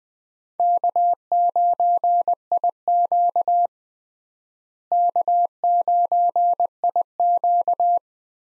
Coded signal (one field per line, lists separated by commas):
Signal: Morse code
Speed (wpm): 20 wpm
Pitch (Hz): 700 Hz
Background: none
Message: K9IQ K9IQ